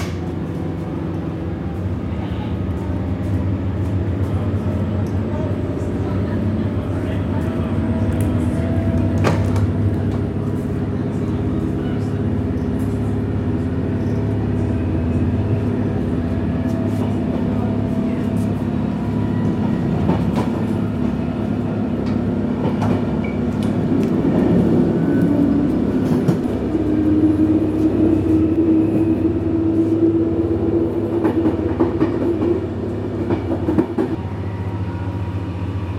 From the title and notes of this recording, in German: Abendliche Zugfahrt, ratternde Gleise | Train ride, rattling tracks. Entspanne mit dem beruhigenden Rattern einer abendlichen Zugfahrt, kaum Menschen und viel Stille im Abteil.